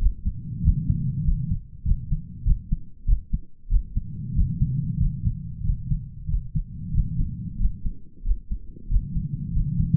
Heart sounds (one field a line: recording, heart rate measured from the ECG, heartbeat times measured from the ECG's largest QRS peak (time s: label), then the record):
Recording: heart sounds by stethoscope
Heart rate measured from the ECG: 94 bpm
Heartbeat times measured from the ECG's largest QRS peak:
0.62 s: heartbeat
1.24 s: heartbeat
1.84 s: heartbeat
2.44 s: heartbeat
3.06 s: heartbeat
3.69 s: heartbeat
4.34 s: heartbeat
4.98 s: heartbeat
5.62 s: heartbeat
6.27 s: heartbeat
6.92 s: heartbeat
7.58 s: heartbeat
8.24 s: heartbeat
8.89 s: heartbeat
9.52 s: heartbeat
From the record:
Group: healthy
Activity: rest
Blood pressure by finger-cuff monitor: 131/73 mmHg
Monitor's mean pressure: 91 mmHg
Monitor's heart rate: 93 bpm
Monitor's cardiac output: 8.7 L/min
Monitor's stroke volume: 94 mL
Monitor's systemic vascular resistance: 760 dyn s/cm5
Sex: male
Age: 33 years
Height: 179 cm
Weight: 80.4 kg